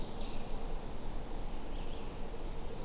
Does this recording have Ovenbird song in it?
no